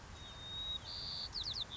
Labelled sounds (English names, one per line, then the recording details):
White-crowned Sparrow
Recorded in Sonoma County, California